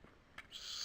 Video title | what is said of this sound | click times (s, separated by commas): G1 Menasor | slide it in and it snaps into place and walks everything in | 0.4 s